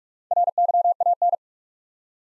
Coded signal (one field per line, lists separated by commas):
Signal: Morse code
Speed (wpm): 42 wpm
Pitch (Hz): 700 Hz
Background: none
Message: RYAN